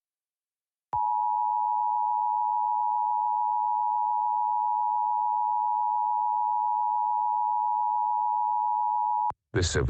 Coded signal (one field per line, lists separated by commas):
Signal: Emergency Alert System (SAME) tones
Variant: 853 and 960 Hz attention tone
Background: speech